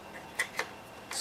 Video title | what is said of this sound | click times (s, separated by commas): New Flysky FS-ST16 16 Channel Radio Review - Fantastic!! | these rubber grips just snap into place. | 0.4 s, 0.6 s